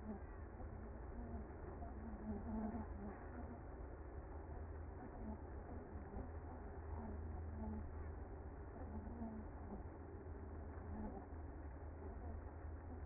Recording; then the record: honeybee colony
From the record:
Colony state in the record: active